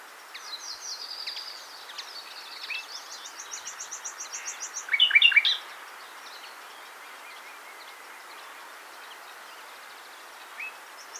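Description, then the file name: Common nightingale singing quietly: high, thin rapid trills, then a brief louder chirping phrase midway, followed by near silence. "Luscinia megarhynchos"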